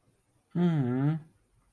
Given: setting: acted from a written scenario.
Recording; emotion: vocal sound without words; sympathy